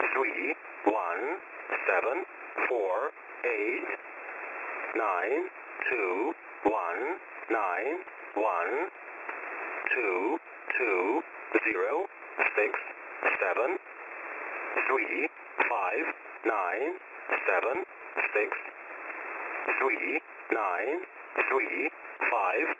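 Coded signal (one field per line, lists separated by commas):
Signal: numbers station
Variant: E07 English Man, English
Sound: male voice reading English digits one by one at a steady pace over radio hiss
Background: radio static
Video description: This is a regularly scheduled transmission of Russian sourced, English language, numbers station ENIGMA ID E07, also called the "English Man".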